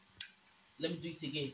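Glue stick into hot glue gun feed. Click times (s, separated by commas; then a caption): 0.2 s. A hot glue stick is pushed into the back of a hot glue gun until the feed mechanism catches it, with a short click at 0.2 s showing the stick has seated in the feed. Someone talks afterward from about 0.8 s.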